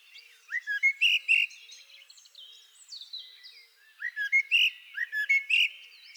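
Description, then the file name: Common blackbird delivering two matching bursts of fluty, warbling notes with high squeaky endings, separated by a softer twittering stretch. "Turdus merula"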